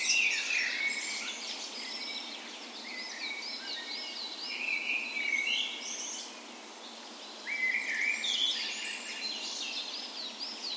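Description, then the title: Dawn chorus of songbirds, repeated up-and-down whistled notes from one singer among busy chirps and trills of others, over soft background noise. Spring dawn chorus, morning of 17 May, Norway's National Day, in a park west in Bergen, Norway; recorded with Sony PCM A10 and LOM micro Usi microphones as tree ears. "17th Of May Dawn Chorus"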